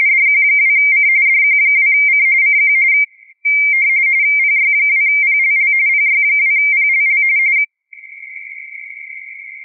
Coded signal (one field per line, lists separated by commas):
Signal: RTTY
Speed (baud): 45.45 baud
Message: DQ2C DQ2C CQ PY2PLL PY2PLL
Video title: CQWW RTTY 2023